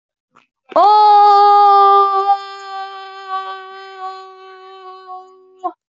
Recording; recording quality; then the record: sustained vowel as in boot; moderate, slight background noise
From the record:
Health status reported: healthy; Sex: female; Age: 22 years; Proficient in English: yes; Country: India